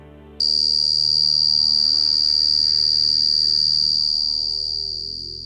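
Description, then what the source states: Short-tailed cricket song: a steady, piercing high-pitched buzz held without a break for about five seconds after a sudden start. Played for comparison with a recorded buzzing sound; crickets are usually consistent in pulse rate.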